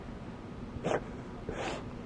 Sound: laughs